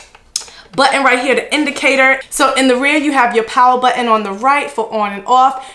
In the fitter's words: thermal label printer Clicks in place I can see that it has like a little